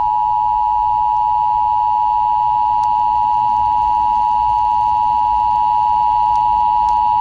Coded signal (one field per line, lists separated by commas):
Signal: Emergency Alert System (SAME) tones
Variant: 853 and 960 Hz attention tone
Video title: EAS Scenario Among Us Remastered Preview